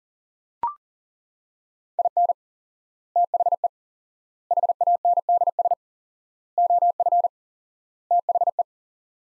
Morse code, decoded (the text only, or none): IN THE HANDS OF THE